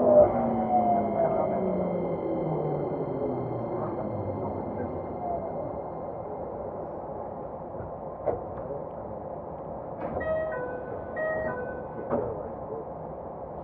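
A Keikyu 2100 series train runs under a steady low rumble, its motor whine gliding downward through the first six seconds as it slows. A sharp knock comes near eight seconds, and short stepped chime-like tones sound between ten and twelve seconds.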